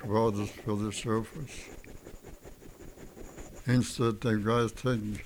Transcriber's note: sounds of brushing